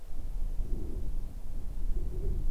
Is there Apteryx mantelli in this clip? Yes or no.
no